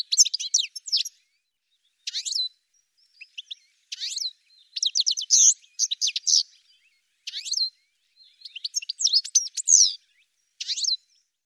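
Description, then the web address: Bird song: several bursts of fast, high twittering and chirps, repeated with short silent gaps between them throughout. "cianscape birddata"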